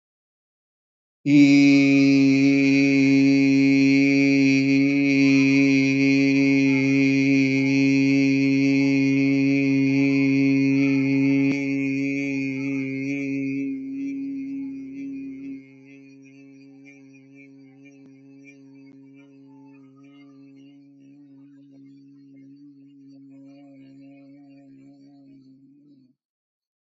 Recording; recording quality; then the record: sustained vowel as in beet; excellent, no background noise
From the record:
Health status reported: healthy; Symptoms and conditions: diabetes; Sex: male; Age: 57 years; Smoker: not ticked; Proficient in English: yes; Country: India